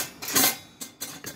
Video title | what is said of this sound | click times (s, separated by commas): Manual lighting a kerosene heater | You click this, you're gonna hear that drop down in there. | 0.8 s, 1.0 s